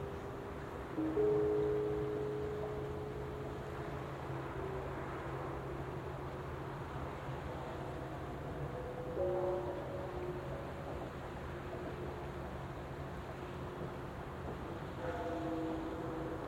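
Temple bell tones ring out near the start, around nine seconds and again near fifteen, lingering over a steady low rumble of traffic.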